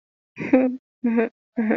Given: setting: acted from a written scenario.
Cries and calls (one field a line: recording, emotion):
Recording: vocal sound without words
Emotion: shame